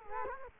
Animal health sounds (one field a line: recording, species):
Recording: mosquito wingbeat signal from an infrared sensor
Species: Culex quinquefasciatus